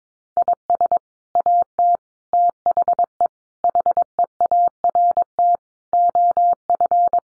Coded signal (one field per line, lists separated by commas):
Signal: Morse code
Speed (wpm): 22 wpm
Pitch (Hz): 700 Hz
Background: none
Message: IS AT THE HEART OF